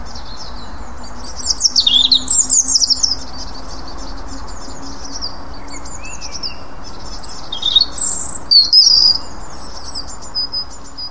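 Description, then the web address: European robin song in louder bursts of high, tumbling notes with fainter singing between, over a faint steady low hum. "SETE data Erithacus rubecula"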